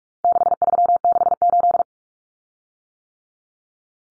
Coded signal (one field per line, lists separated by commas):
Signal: Morse code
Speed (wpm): 44 wpm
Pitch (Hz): 700 Hz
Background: none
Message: 6368